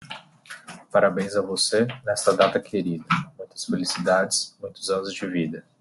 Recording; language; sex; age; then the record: short text; Brazilian Portuguese; male; 30 to 39 years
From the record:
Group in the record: control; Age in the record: 30 years